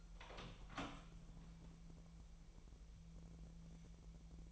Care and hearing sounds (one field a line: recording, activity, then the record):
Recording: daily activity, microphone in the room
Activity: open door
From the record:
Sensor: 1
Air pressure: 1001.5 hPa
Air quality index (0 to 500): 249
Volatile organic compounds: 127 ppm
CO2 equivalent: 3914 ppm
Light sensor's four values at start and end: 13/31/13/14 and 13/32/13/14